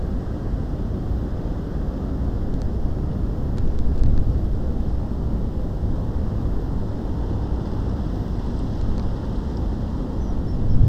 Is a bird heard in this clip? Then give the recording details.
no. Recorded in France